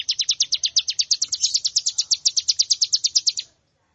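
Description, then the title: Plain prinia song: a fast, even series of high, wheezy chipping notes running for about three and a half seconds, then stopping. "Ciblek Sawah"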